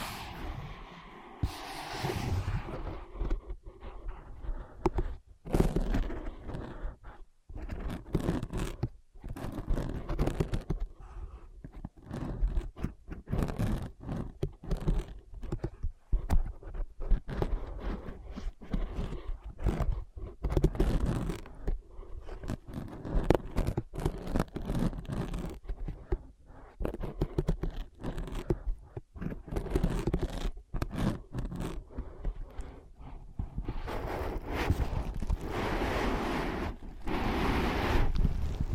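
Tapping, scratching and tracing on ear pads, heard as a dense run of soft, muffled scrapes and brushing strokes with frequent short knocks. The rubbing is mostly low and padded, with brief dropouts between strokes, and grows busier and fuller in the last few seconds.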